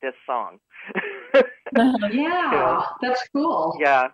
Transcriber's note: laughs